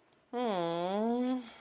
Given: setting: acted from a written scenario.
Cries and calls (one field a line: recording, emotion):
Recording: vocal sound without words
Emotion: embarrassment